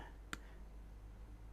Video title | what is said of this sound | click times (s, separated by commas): 1990 NA Miata - Time FLIES when you're fixing cars! | but this one popped into place and you can squeeze it up and down no problem and then | 0.3 s